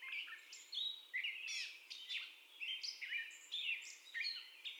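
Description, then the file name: Catbird delivering short, separated phrases of slurred whistles, rising squeaks and harsh chips in a steady stream. First song, recorded 30 May 2021. "2021-05-30 Catbird First Song"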